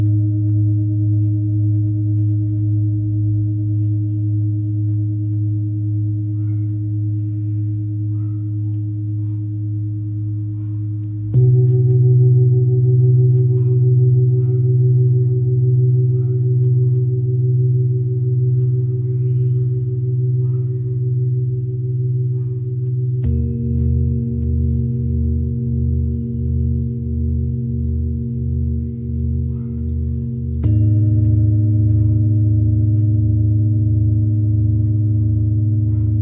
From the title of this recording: Tibetan Singiing Bowl